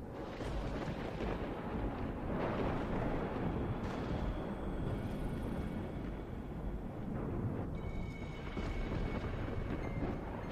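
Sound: deafening thunderclap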